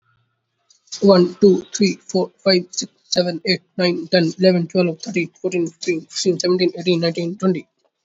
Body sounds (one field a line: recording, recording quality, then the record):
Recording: counting at a fast pace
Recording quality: excellent, no background noise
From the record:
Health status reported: healthy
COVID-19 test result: negative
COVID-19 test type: RT-PCR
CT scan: not taken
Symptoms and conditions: none ticked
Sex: male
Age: 27 years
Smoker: no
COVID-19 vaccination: both doses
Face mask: not worn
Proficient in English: yes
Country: India